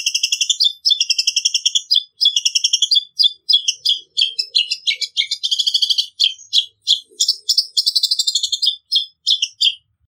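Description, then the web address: Long-tailed Shrike pouring out rapid, repeated high chirps and buzzy trilled phrases in bursts separated by short breaks. Song style described as gacor ngeplong; recording used as training audio for cage birds. "audio cendet-gacor-ngeplong. masteran cendet"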